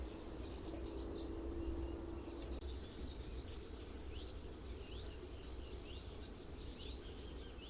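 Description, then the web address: Eurasian penduline tit: a faint falling whistle, then three louder thin high whistles, each ending with a short upward flick, spaced about one and a half seconds apart. "agykontroll Madardalok Cd 3. Függőcinege"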